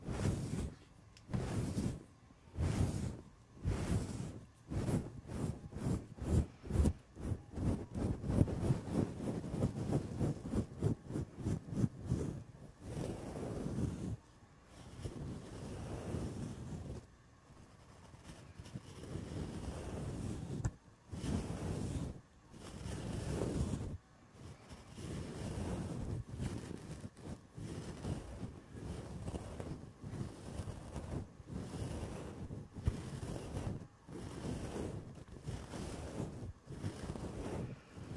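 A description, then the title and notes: A head and back scratcher is dragged and tapped against the microphone in rhythmic bursts of rough, rustling scratches. The strokes come fast and dense through the first fifteen seconds, then turn into slower, separate sweeps with brief silences between them, full and low with a hissing edge. ASMR brain scratch // mic touching // head and back scratcher.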